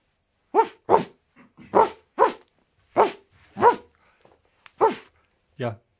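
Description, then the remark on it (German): A radio presenter imitates a dog to greet colleagues, giving about eight loud, throaty woof-like barks in uneven pairs with short pauses between them, ending on a higher, whinier yelp. “Ich habe meine Kollegen und Kolleginnen gerade auch in der Hundesprache begrüßt.”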